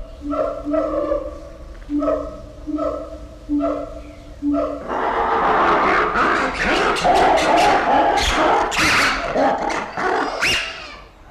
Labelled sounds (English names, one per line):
Siamang call